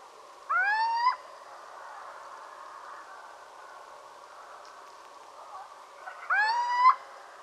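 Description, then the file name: Little owl giving two rising, mewing calls, each sweeping upward and ending sharply, about six seconds apart over steady background hiss. "pojdzka"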